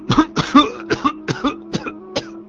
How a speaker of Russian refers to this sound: Старик указал на настольную игру и хотел было сказать что-то еще, но зашелся в кашле. Я терпеливо дождался окончания приступа, не произнося ни слова.